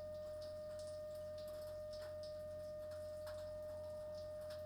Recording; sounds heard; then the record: poultry house recording; no chicken sound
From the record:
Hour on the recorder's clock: 21